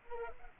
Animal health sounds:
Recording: mosquito wingbeat signal from an infrared sensor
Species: Culex pipiens

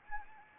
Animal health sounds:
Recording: mosquito wingbeat signal from an infrared sensor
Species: Anopheles arabiensis

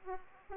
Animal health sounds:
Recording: mosquito wingbeat signal from an infrared sensor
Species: Aedes aegypti

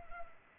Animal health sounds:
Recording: mosquito wingbeat signal from an infrared sensor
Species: Culex pipiens

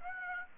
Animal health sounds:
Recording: mosquito wingbeat signal from an infrared sensor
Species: Aedes aegypti

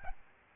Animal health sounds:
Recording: mosquito wingbeat signal from an infrared sensor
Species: Aedes albopictus

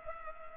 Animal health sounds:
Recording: mosquito wingbeat signal from an infrared sensor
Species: Culex pipiens

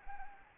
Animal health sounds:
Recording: mosquito wingbeat signal from an infrared sensor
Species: Anopheles arabiensis

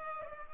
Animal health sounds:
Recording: mosquito wingbeat signal from an infrared sensor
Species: Culex pipiens

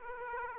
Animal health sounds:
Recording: mosquito wingbeat signal from an infrared sensor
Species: Aedes aegypti

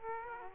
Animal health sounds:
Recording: mosquito wingbeat signal from an infrared sensor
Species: Aedes aegypti

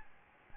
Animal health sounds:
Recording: mosquito wingbeat signal from an infrared sensor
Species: Aedes albopictus

